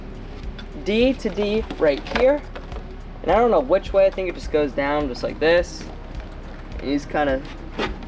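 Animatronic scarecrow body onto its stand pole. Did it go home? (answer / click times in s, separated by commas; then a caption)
no / none. The large animatronic scarecrow body of a Big Lots 2024 Raven Scarecrow is being pushed down onto its support pole to snap-lock it in place, while someone talks and brief handling sounds come at about 0.6 s and 6.2 s. Nothing has seated or snapped into place yet.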